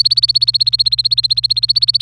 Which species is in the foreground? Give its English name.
Domestic Canary